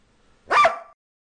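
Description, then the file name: Dog giving one short, sharp bark, then silence. "Cachorro"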